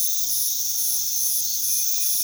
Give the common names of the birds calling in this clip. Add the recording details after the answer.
none. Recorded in pastures near Puerto Asís, Putumayo, Colombia, on 21 February 2024 at 04:00. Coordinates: 0.468, -76.328. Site G6414